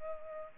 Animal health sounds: mosquito wingbeat signal from an infrared sensor; Culex pipiens

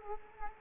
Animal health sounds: mosquito wingbeat signal from an infrared sensor; Culex quinquefasciatus

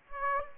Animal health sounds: mosquito wingbeat signal from an infrared sensor; Aedes aegypti

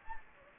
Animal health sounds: mosquito wingbeat signal from an infrared sensor; Anopheles gambiae

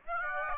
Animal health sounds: mosquito wingbeat signal from an infrared sensor; Aedes aegypti

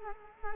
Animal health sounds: mosquito wingbeat signal from an infrared sensor; Culex quinquefasciatus

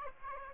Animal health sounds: mosquito wingbeat signal from an infrared sensor; Aedes aegypti

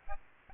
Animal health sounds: mosquito wingbeat signal from an infrared sensor; Aedes albopictus

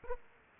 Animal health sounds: mosquito wingbeat signal from an infrared sensor; Aedes aegypti

